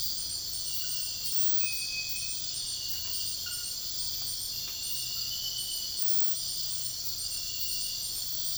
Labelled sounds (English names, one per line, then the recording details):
none
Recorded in dense forest near Puerto Asís, Putumayo, Colombia, on 13 March 2025 at 03:30
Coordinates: 0.484, -76.325
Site G045